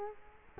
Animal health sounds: mosquito wingbeat signal from an infrared sensor; Culex quinquefasciatus

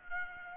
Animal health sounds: mosquito wingbeat signal from an infrared sensor; Culex pipiens

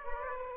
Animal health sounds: mosquito wingbeat signal from an infrared sensor; Aedes aegypti

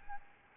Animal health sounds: mosquito wingbeat signal from an infrared sensor; Aedes albopictus

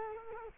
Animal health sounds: mosquito wingbeat signal from an infrared sensor; Culex quinquefasciatus

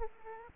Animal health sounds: mosquito wingbeat signal from an infrared sensor; Aedes aegypti

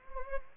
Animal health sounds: mosquito wingbeat signal from an infrared sensor; Anopheles gambiae

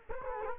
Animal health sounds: mosquito wingbeat signal from an infrared sensor; Culex quinquefasciatus

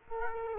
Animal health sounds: mosquito wingbeat signal from an infrared sensor; Culex quinquefasciatus

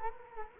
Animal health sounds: mosquito wingbeat signal from an infrared sensor; Culex quinquefasciatus

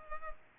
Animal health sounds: mosquito wingbeat signal from an infrared sensor; Culex pipiens

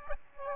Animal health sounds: mosquito wingbeat signal from an infrared sensor; Aedes aegypti

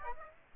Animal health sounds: mosquito wingbeat signal from an infrared sensor; Aedes aegypti

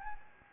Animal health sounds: mosquito wingbeat signal from an infrared sensor; Anopheles gambiae

